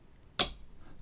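A laptop-style DDR4 SODIMM memory stick is pressed down into the memory slot of an Intel NUC8i3BEH mini PC until the catches on either side snap over it. A single sharp, bright click is heard at 0.4 s, and the stick is seated in the slot.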